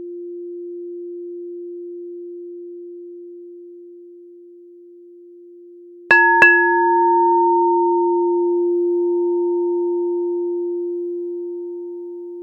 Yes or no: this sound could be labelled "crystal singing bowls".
yes